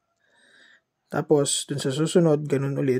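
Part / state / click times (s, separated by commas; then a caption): plastic standoff spacer onto the next spacer of a board mount stack / not seated / none. A plastic standoff spacer is being fitted onto the next spacer of a board mount stack for a single-board computer, the same way as the previous one. A faint sound is heard early on, then someone talks through the rest of the clip. Nothing has seated or clicked yet; the clip ends just before the spacer locks into place.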